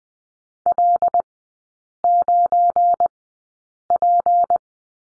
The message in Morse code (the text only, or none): L9P